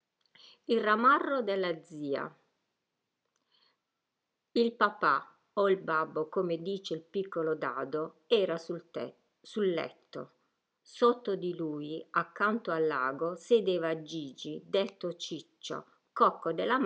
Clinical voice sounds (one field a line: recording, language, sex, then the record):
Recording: read passage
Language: Italian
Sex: female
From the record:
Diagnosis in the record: healthy control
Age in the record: 61 years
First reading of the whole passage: 67 s, 7.7 characters per second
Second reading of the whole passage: 54 s, 9.6 characters per second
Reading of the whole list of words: 44 s, 6.4 characters per second